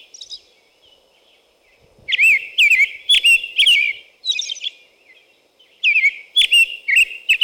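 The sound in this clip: American robin song in two bursts of rich, rising-and-falling whistled phrases separated by a short pause, with faint soft notes early on.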